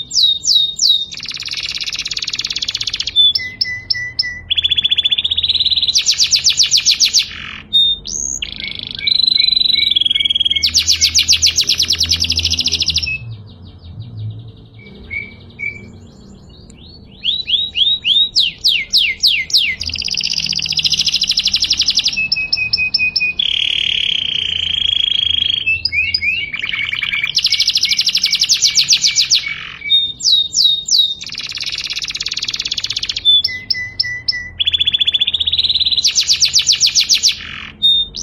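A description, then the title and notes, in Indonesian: A canary sings long unbroken rolling phrases, bright rapid trills and buzzy bursts repeating almost continuously, with a brief pause around fifteen seconds. KENARI NGEROL PANJANG. Kenari SF.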